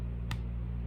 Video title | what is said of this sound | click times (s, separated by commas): Making a daily schedule | back on your glue stick you're gonna have to push it hard so it kind of clicks into place let's see if we can hear it | 0.3 s